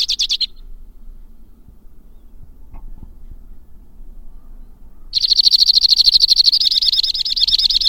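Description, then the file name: White-winged crossbill song: a brief high trill, several seconds of near silence, then a long, rapid, high trill. "suara-kicauan-burung-white-winged-crossbill 2-omkicau"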